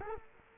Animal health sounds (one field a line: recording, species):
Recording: mosquito wingbeat signal from an infrared sensor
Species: Culex quinquefasciatus